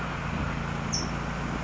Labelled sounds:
California Towhee
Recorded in Sonoma County, California

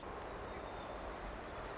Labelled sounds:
White-crowned Sparrow
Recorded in Sonoma County, California

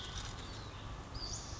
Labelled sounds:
Western Flycatcher
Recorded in Sonoma County, California

